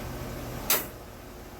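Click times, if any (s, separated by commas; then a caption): 0.7 s. A car door latch is clicked shut onto its striker pin, giving one sharp, bright click at 0.7 s over a low background hum. The latch engages only its first detent, one click of two, so the door is partly latched.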